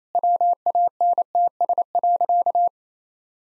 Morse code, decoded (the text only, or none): WANTS.